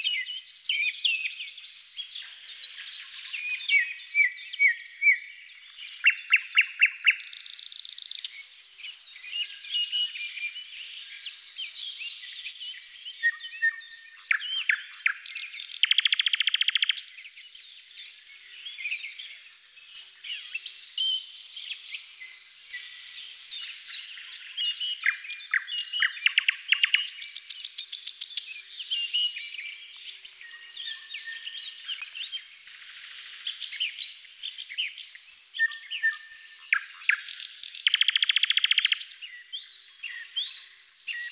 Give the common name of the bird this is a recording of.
Thrush Nightingale